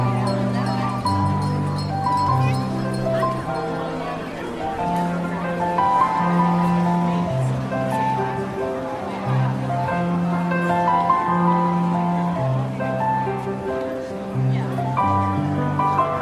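Holiday tunes play on piano, steady low bass notes shifting every second or so beneath a lilting melody in the middle range. The playing is continuous and even in loudness, with a soft murmur of voices and market bustle running underneath throughout.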